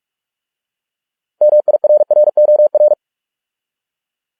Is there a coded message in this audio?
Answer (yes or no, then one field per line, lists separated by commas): yes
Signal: Morse code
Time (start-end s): 1.4-2.9 s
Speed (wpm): 46 wpm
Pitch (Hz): 600 Hz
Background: none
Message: MIRROR